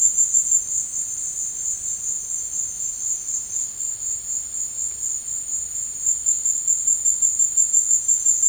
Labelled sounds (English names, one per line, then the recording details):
none
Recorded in dense forest near Puerto Asís, Putumayo, Colombia, on 19 March 2025 at 15:00
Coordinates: 0.485, -76.318
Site G056